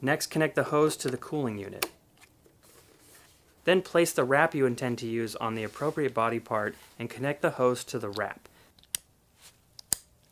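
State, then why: Seated. Someone talks while a hose from a NICE1 iceless cold compression therapy cooling unit is connected to a compression wrap placed on a body part. Two sharp clicks follow at 9.0 s and 9.9 s as the hose's quick-connect coupling snaps into the wrap's connector, seating it.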